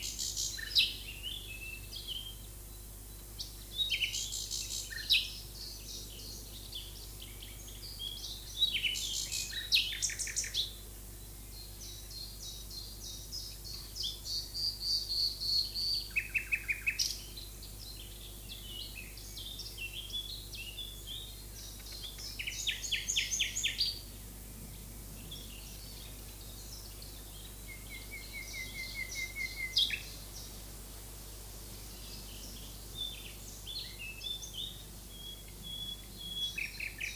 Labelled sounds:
Common Nightingale (Luscinia megarhynchos) song

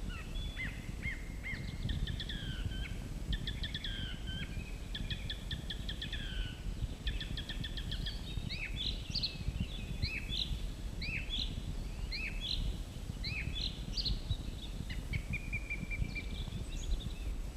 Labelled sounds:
Song Thrush (Turdus philomelos) song

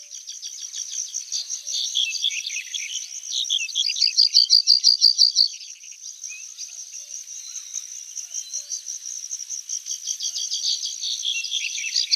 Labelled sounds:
White-capped Bunting (Emberiza stewarti) song

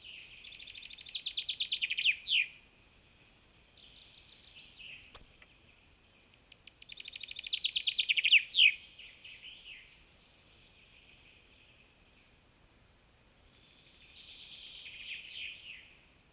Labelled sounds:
Common Chaffinch (Fringilla coelebs) song

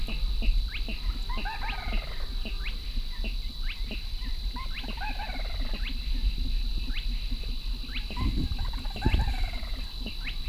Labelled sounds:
Little Crake (Porzana parva) call

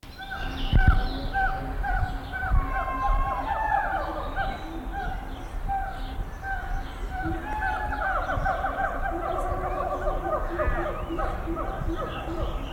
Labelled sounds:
Siamang (Symphalangus syndactylus)

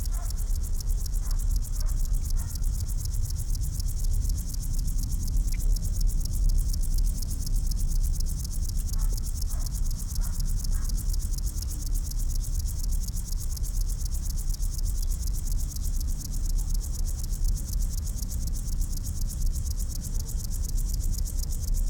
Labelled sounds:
Upland Field Grasshopper (Chorthippus apricarius) stridulation

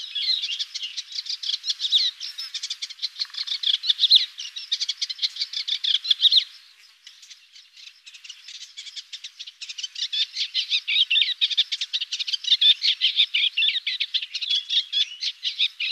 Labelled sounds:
Eastern Olivaceous Warbler (Iduna pallida) song

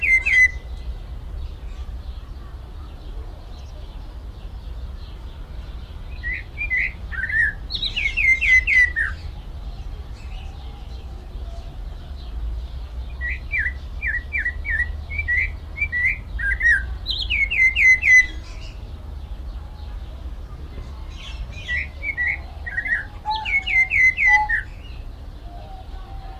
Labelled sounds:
Vieillot's Barbet (Lybius vieilloti) call

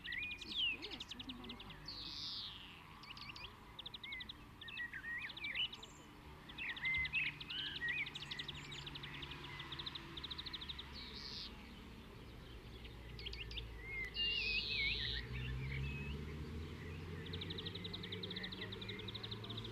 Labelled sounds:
European Greenfinch (Chloris chloris) song

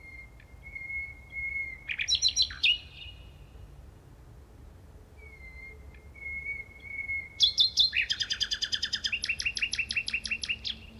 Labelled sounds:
Common Nightingale (Luscinia megarhynchos) song

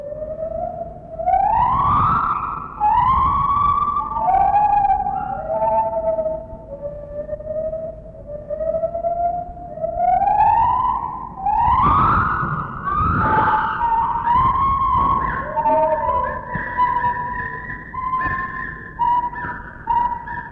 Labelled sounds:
Lar Gibbon (Hylobates lar)

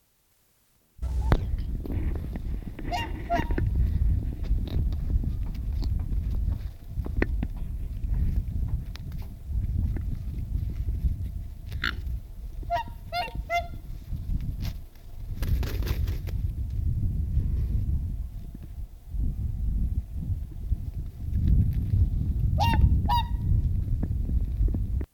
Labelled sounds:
Mute Swan (Cygnus olor) call

